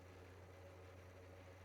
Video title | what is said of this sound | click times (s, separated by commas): GI Joe Classified Series Dreadnok Buzzer Needless Unboxing | No, I thought maybe I had it kind of snapped in place a little bit. | none